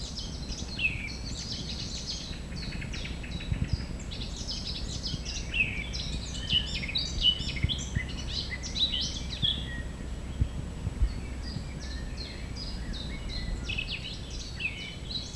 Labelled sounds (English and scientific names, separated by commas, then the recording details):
Eurasian Blackcap (Sylvia atricapilla) song
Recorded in the wild
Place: Schielleiten, Steiermark, AT
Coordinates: 47.2276, 15.8273
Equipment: Uher 4000
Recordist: Brunner, Thomas